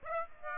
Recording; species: mosquito wingbeat signal from an infrared sensor; Aedes aegypti